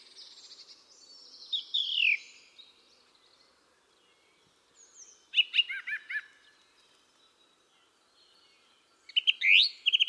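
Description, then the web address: Bird calls: a descending whistled note, then a rapid burst of chirps midway and another chirping burst at the end. "cianscape birddata Deverinetal 2025. Bird Only"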